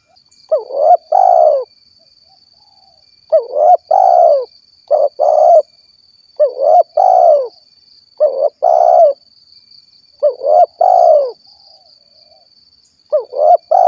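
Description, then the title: Spotted dove cooing in low, hollow phrases, a short coo followed by a longer rolling one, repeated every few seconds, with a faint steady high tone behind. "Tekukur"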